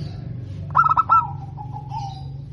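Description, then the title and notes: Zebra dove: one quick phrase of clipped, bubbling coo notes, then a soft wavering coo, over a strong low rumble. Local (lokal) bird, described as singing actively (gacor) with a clear, ringing, loud voice (suara kristal lantang). "PERKUTUT LOKAL GACOR Suara KRISTAL LANTANG. Kicau Burung Perkutut"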